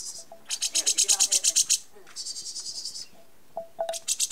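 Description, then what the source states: Horsfield's bush lark song: two quick rattling series of high clicks, then scattered short whistled notes and a fresh burst of ticks. Masteran, a training recording for songbirds.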